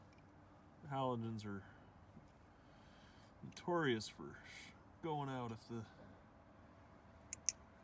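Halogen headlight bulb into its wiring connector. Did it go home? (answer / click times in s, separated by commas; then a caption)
yes / 7.3 s, 7.5 s. A new halogen headlight bulb for a 2012 Ford Explorer is pushed into its plastic wiring connector. Someone talks, then two sharp clicks at 7.3 s and 7.5 s confirm the bulb has snapped home and seated.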